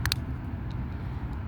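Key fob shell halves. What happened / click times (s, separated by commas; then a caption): The two plastic case halves snapped shut / 0.1 s. The two plastic shell halves of a Toyota key fob are pressed back together after a battery change; they only snap together when lined up. A sharp double snap sounds at about 0.1 s, two quick clicks in a row, over a low steady rumble. The shell is seated.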